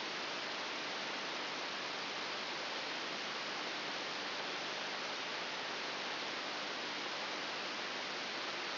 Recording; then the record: brain microelectrode recording played as sound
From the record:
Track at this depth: outside the subthalamic nucleus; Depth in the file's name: 7.001 mm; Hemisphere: right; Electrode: 3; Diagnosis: Parkinson's disease